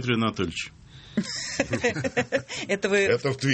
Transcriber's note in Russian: все смеются